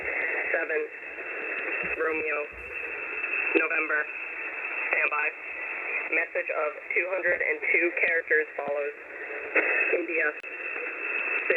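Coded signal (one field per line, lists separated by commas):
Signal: coded military voice message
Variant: Emergency Action Message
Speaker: And then here's another one that was actually uh canceled or disregarded like halfway through.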